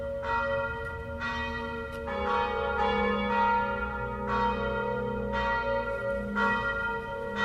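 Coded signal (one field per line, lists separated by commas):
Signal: bell signal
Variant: battiore and plenum ringing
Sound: several church bells rung together in repeated overlapping strokes with long ringing tails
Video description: Battiore e Plenum (dura 2 minuti) delle 18:00 per la Messa prefestiva delle 18:30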